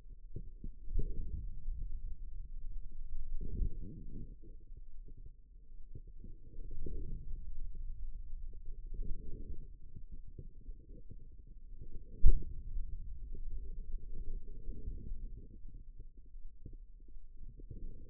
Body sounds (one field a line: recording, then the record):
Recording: forearm muscle sounds (acoustic myography)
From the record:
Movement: pen grasping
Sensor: system 2, bracelet of six BSWA MPA416 microphones around the upper forearm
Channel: 4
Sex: female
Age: 25 years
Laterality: right